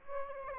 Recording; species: mosquito wingbeat signal from an infrared sensor; Aedes aegypti